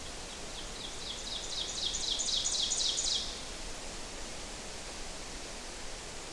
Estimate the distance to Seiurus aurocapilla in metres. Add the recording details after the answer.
about 45 m. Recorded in boreal forest in Alberta, Canada, on 12 June 2016 at 07:01. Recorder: SongMeter 3, array SBT-3-18. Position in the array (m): 246 m, 97 m. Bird 31